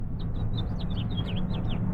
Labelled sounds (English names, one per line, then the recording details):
House Finch song
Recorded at Woodmere on Long Island, New York, on 11 June 1975
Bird E